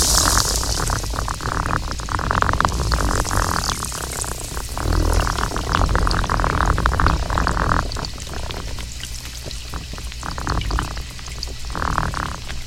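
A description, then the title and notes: Underwater hydrophone recording with a gurgling, bubbly wash of water noise and dense bursts of rapid clicking that come and go, possibly from orcas. The clicking is strongest early and again near the end, over a constant low rumble and bright hiss at first. J+K pods entering Puget Sound at Bush Point. This morning at around 8:30, Lon Brocklehurst texted that he was hearing orcas on the Bush Point hydrophone.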